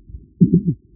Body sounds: neck accelerometer signal played as sound; voluntary cough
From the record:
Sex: female

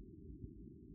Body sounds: neck accelerometer signal played as sound; no cough (speech, laughter, throat clearing or background)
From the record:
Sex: male

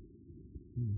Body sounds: neck accelerometer signal played as sound; no cough (speech, laughter, throat clearing or background)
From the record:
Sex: male

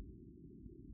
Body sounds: neck accelerometer signal played as sound; no cough (speech, laughter, throat clearing or background)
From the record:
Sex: male

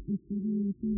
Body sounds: neck accelerometer signal played as sound; no cough (speech, laughter, throat clearing or background)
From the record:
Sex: female

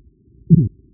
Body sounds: neck accelerometer signal played as sound; voluntary cough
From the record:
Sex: male

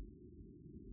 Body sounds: neck accelerometer signal played as sound; no cough (speech, laughter, throat clearing or background)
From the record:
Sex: male

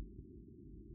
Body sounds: neck accelerometer signal played as sound; no cough (speech, laughter, throat clearing or background)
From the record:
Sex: male

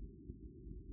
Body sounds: neck accelerometer signal played as sound; no cough (speech, laughter, throat clearing or background)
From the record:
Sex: female

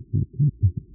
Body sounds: neck accelerometer signal played as sound; no cough (speech, laughter, throat clearing or background)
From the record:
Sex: male

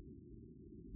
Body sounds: neck accelerometer signal played as sound; no cough (speech, laughter, throat clearing or background)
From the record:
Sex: male

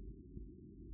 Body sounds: neck accelerometer signal played as sound; no cough (speech, laughter, throat clearing or background)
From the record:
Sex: male

